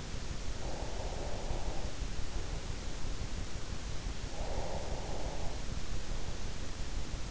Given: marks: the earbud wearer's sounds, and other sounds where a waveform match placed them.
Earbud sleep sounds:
sounds in sleep by an in-ear microphone; breath
0.32-2.65 s: breath
4.33-5.95 s: breath

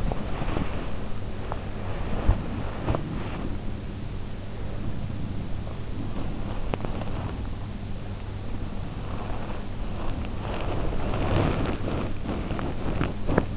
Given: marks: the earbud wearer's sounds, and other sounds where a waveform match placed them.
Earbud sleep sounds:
sounds in sleep by an in-ear microphone; body movement
0.00-13.57 s: body movement

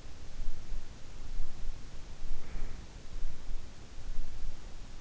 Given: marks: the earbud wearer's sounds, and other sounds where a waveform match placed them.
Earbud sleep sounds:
sounds in sleep by an in-ear microphone; breath
1.95-3.24 s: breath

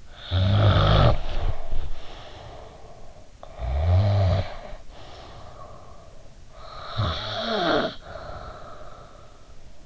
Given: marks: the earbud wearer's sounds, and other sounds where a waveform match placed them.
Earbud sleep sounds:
sounds in sleep by an in-ear microphone; snoring breath
0.13-6.47 s: snoring breath
6.53-9.86 s: snoring breath

